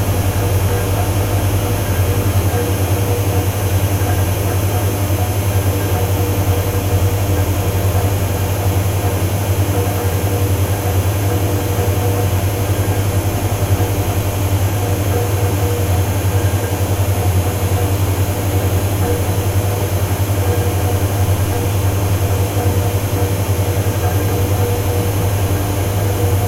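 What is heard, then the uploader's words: Refrigerators fill a room with a steady, unchanging low hum and faint higher whine, constant throughout with no distinct events. Sounds of UCL (3rd place): Institute of Ophthalmology - Room of refrigerators.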